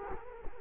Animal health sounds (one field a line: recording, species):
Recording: mosquito wingbeat signal from an infrared sensor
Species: Culex quinquefasciatus